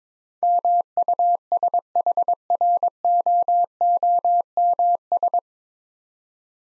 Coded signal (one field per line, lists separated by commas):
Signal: Morse code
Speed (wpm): 22 wpm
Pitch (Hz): 700 Hz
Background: none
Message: MUSHROOMS